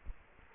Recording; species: mosquito wingbeat signal from an infrared sensor; Culex quinquefasciatus